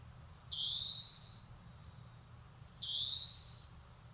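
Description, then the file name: European greenfinch giving two long nasal wheezing calls, each rising slightly and lasting nearly a second, about two seconds apart, against quiet low hum. "Chloris chloris"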